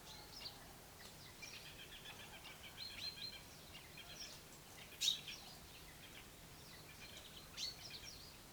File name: Fringilla coelebs